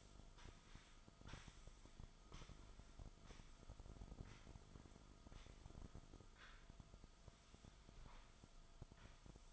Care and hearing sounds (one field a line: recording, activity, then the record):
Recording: daily activity, microphone in the room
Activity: sweep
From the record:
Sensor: 5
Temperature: 24.0 degrees Celsius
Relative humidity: 36.6%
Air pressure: 1004.8 hPa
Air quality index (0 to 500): 95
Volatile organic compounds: 2 ppm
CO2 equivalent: 1146 ppm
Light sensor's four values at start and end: 34/79/32/31 and 33/78/31/30